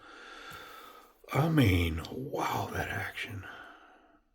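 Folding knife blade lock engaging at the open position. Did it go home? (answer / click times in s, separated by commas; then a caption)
no / none. An Ameight Knives Elgar folding knife is handled while someone talks in an exclamation over a low steady background. The blade lock has not yet clicked into place at the open position, and nothing has seated by the end of the clip.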